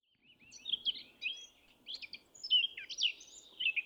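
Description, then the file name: Eurasian blackcap warbling song in uneven bursts, mixing squeaky chirps with quick rising and falling notes, separated by short gaps. "Sylvia atricapilla"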